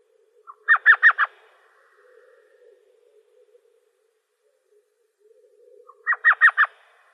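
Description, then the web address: Elf Owl giving two bursts of rapid yelping notes, four each, about five seconds apart, each introduced by a brief soft note; otherwise quiet. Arizona; recorded 23 April 2003. "Owls AZFO ELOW 042303. deviche"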